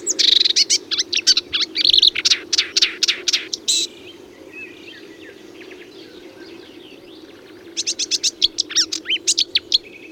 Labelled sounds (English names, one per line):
Marsh Warbler song